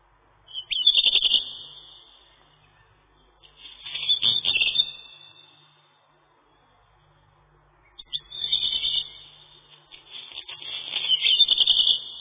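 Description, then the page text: Black redstart singing: four short phrases, each opening with a quick whistled note and ending in a scratchy crackling rattle, separated by pauses. "Горихвостка-чернушка (Phoenicurus ochruros)"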